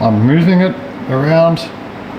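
A metal espresso portafilter is moved around beneath an espresso machine's group head as its two lugs are lined up to engage. Someone talks over a steady low background hum. Nothing has seated or clicked yet.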